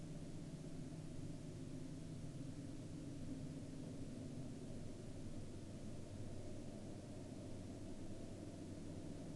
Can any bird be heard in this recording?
no